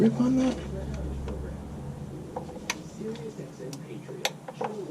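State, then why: Torque reached. Someone talks briefly while a click-type torque wrench set to 26 foot-pounds tightens the oil drain plug in the engine oil pan of a 2014 Ram 1500 Outdoorsman 4x4 pickup truck. A few light ticks follow, then the wrench gives a sharp click at 4.3 s as the plug reaches the set torque.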